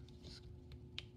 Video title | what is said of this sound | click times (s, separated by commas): 🦝Transformers Studio Series #86-03 Blurr video review🦝 | The only difference is you fold in the tail fin. Just click | 1.0 s